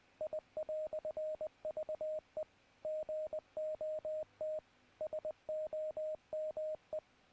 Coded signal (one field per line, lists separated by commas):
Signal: Morse code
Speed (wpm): 20 wpm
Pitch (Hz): 620 Hz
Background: radio noise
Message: I"VE GOT SOME